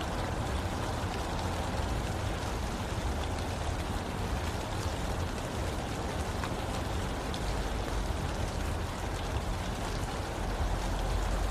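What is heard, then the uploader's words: Steady rain falls throughout, a dense, even hiss of countless drops with no pauses or swells. The sound is full, with a deep rumbling undertone beneath the bright patter, and occasional slightly sharper drops tapping out of the wash. Rain.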